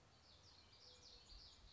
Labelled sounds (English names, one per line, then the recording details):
Common Yellowthroat
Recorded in Sonoma County, California